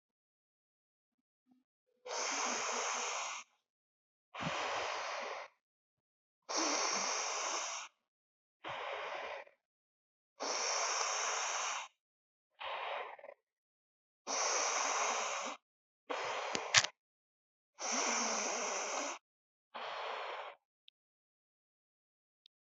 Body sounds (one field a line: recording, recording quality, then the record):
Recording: deep breathing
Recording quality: excellent, no background noise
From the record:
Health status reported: healthy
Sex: female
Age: 25 years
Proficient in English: yes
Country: India